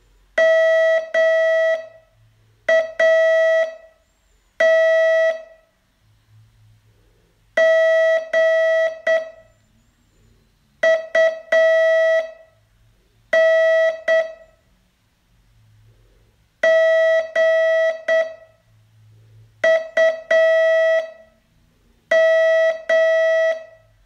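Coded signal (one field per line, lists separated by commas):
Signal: Morse code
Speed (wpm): 7 wpm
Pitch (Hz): 650 Hz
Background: none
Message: MAT GUN GUM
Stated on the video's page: Day 24 test of a 42-day Morse training course.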